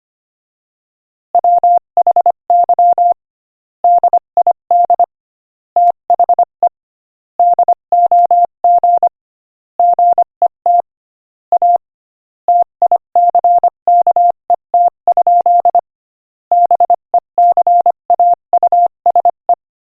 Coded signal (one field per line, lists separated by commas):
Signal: Morse code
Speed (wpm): 25 wpm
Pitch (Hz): 700 Hz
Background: none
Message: WHY DID THE DOG GET A TICKET? BECAUSE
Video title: Morse Code Practice: 25 wpm Joke #7